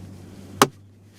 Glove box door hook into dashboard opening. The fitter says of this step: then once it makes contact push it up till it snaps